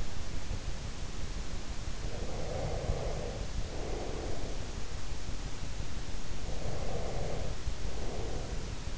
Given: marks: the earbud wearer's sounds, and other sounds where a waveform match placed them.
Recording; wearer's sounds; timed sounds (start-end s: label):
sounds in sleep by an in-ear microphone; breath
1.97-4.91 s: breath
6.35-8.98 s: breath